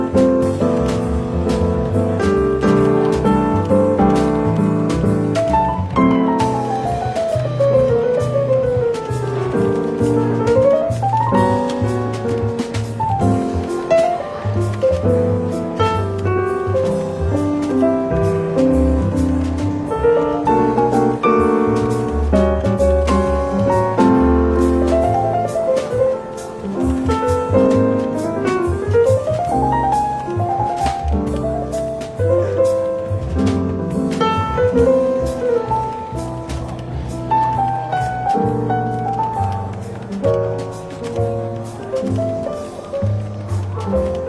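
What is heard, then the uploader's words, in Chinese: Soft, relaxed jazz plays throughout a bookstore café, with a steady walking bass and warm chords underneath. Piano-like runs rise and fall around 10, 17, 29 and 37 seconds, and the volume stays even apart from a slight dip near 26 seconds. 伦敦书店咖啡馆轻微喧闹氛围与柔和轻松的爵士背景音乐。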